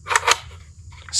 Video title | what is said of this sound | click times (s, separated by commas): Blaster Breakdown 15 (Mar 2021) - NG-4 Amarok, a micro-flywheel magazine-fed sidearm from my3dbase! | slides back and that's locked into place | 0.2 s